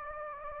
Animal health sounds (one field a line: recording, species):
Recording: mosquito wingbeat signal from an infrared sensor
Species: Anopheles gambiae